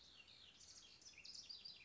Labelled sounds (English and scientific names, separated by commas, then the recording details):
House Wren (Troglodytes aedon)
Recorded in Sonoma County, California